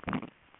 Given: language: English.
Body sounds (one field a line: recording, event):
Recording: throat vibration sensor signal played as sound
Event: swallow